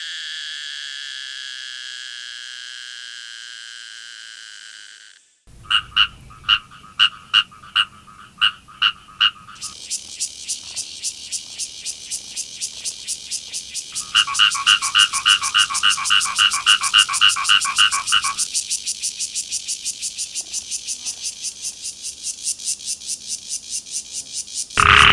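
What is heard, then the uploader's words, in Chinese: Cicadas, katydids and frogs call in turns. A steady, bright cicada whine fills the first five seconds, then about ten regular, evenly spaced frog croaks follow. From ten seconds a dense, rapid, shrill insect pulsing takes over, joined by a louder fast-pulsed call midway. 台灣騷蟬+台灣騷蟴+澤蛙+高砂熊蟬+小雨蛙。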